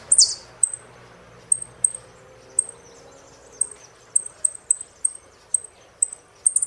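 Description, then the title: Saffron finch opening with a loud descending chirp, then a string of short, high, sharp notes spaced unevenly and clustering toward the end. "Jilguero Argentino"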